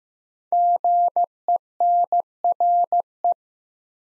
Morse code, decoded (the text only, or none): GENRE